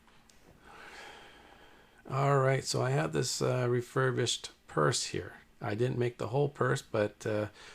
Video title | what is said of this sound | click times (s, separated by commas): Cool and fun DYI ideas Crafting, Sewing and Leather. | slips in there pretty easy snaps into place | 0.3 s